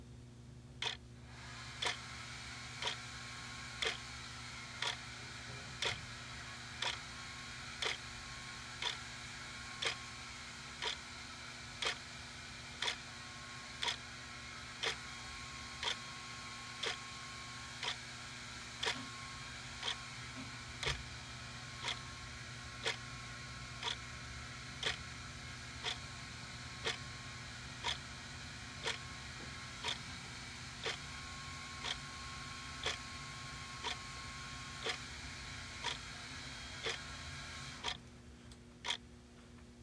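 A water heater runs while heating, giving a steady, dense hum with a low drone and a bright hiss above it. Sharp, regular clicks tick through it about once a second. The sound starts just after the opening and stops shortly before the end.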